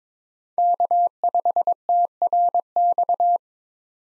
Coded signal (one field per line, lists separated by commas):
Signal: Morse code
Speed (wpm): 22 wpm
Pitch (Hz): 700 Hz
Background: none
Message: K5TRX